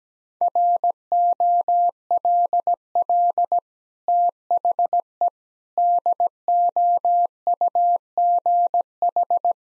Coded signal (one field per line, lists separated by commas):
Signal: Morse code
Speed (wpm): 17 wpm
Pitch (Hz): 700 Hz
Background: none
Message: ROLL THE DOUGH